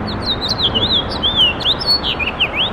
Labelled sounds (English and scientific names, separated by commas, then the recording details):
House Finch (Haemorhous mexicanus) song
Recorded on Long Island, New York, on 7 June 2012
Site SU
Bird B